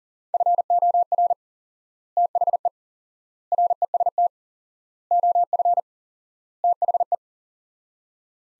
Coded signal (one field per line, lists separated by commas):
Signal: Morse code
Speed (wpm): 40 wpm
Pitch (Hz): 700 Hz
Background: none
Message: FOR THE REST OF THE